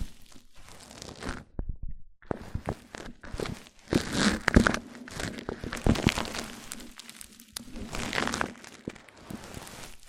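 Mic-on-mic triggers: rough scraping, rubbing and crinkling against the microphone, coming in uneven bursts with a few sharp taps and thumps. The rubbing swells loudest around the middle and again near eight seconds, with brief near-silent gaps between strokes and a faint low hum underneath.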